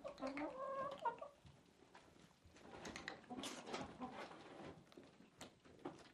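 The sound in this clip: Chickens clucking and calling, a harmonic squawk early on, then a busy mix of clucks and scratchy noises.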